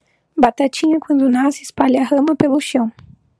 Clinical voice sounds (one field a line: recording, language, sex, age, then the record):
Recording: short text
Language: Brazilian Portuguese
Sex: female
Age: 20 to 29 years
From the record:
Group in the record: control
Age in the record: 25 years